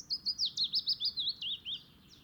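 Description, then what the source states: Willow warbler song, a rapid run of about ten clear, slurred notes falling gradually down the scale in under two seconds. Adult bird, singing.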